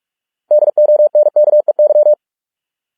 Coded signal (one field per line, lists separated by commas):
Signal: Morse code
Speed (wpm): 46 wpm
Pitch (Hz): 600 Hz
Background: none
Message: DONKEY